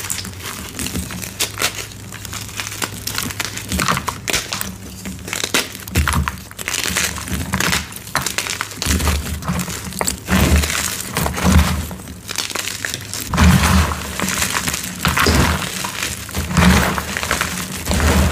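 Gym chalk blocks are crushed in dense, continuous crunching, with bright gritty crackles and frequent sharper snaps over a low rumbling grind.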